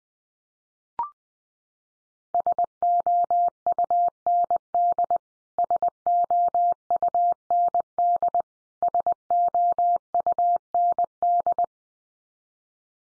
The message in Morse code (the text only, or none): SOUND SOUND SOUND